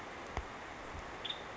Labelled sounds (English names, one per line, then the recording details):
Nuttall's Woodpecker
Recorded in Sonoma County, California